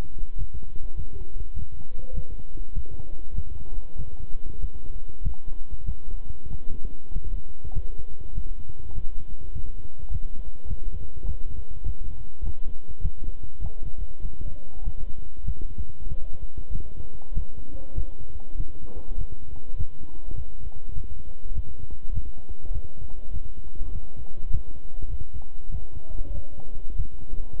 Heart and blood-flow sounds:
heart sounds by stethoscope; between the tricuspid and mitral areas; 99 bpm
0.36 s: heartbeat
0.95 s: heartbeat
1.53 s: heartbeat
2.13 s: heartbeat
2.72 s: heartbeat
3.33 s: heartbeat
3.96 s: heartbeat
4.58 s: heartbeat
5.21 s: heartbeat
5.84 s: heartbeat
6.47 s: heartbeat
7.11 s: heartbeat
7.72 s: heartbeat
8.33 s: heartbeat
8.93 s: heartbeat
9.52 s: heartbeat
10.09 s: heartbeat
10.66 s: heartbeat
11.24 s: heartbeat
11.83 s: heartbeat
12.42 s: heartbeat
13.00 s: heartbeat
13.60 s: heartbeat
14.20 s: heartbeat
14.82 s: heartbeat
15.44 s: heartbeat
16.07 s: heartbeat
16.70 s: heartbeat
17.32 s: heartbeat
17.93 s: heartbeat
18.55 s: heartbeat
19.16 s: heartbeat
19.75 s: heartbeat
20.33 s: heartbeat
20.93 s: heartbeat
21.53 s: heartbeat
22.12 s: heartbeat
22.71 s: heartbeat
23.31 s: heartbeat
23.90 s: heartbeat
24.49 s: heartbeat
25.08 s: heartbeat
25.69 s: heartbeat
26.32 s: heartbeat
26.95 s: heartbeat
27.56 s: heartbeat
From the record:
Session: walking at 3.7 km/h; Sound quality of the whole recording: good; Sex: male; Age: 26 years

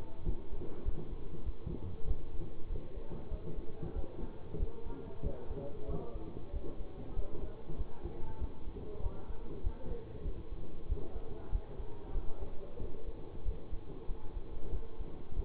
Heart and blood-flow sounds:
heart sounds by stethoscope; between the tricuspid and mitral areas; 95 bpm
0.23 s: heartbeat
0.83 s: heartbeat
1.43 s: heartbeat
2.05 s: heartbeat
2.67 s: heartbeat
3.28 s: heartbeat
3.93 s: heartbeat
4.57 s: heartbeat
5.21 s: heartbeat
5.85 s: heartbeat
6.50 s: heartbeat
7.13 s: heartbeat
7.75 s: heartbeat
8.37 s: heartbeat
9.00 s: heartbeat
9.61 s: heartbeat
10.22 s: heartbeat
10.86 s: heartbeat
11.49 s: heartbeat
12.12 s: heartbeat
12.78 s: heartbeat
13.43 s: heartbeat
14.06 s: heartbeat
14.69 s: heartbeat
15.34 s: heartbeat
From the record:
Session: bicycle stress test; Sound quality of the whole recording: good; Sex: male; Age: 24 years

